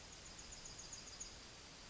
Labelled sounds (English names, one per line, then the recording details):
Yellowhammer song
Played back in forest
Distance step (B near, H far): F
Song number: 157